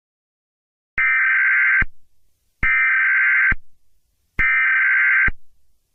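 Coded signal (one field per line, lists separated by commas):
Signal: Emergency Alert System (SAME) tones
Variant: header bursts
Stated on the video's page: Fictional EAS scenario.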